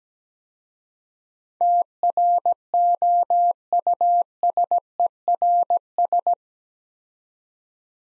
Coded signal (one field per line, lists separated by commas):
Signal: Morse code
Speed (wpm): 17 wpm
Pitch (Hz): 700 Hz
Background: none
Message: TROUSERS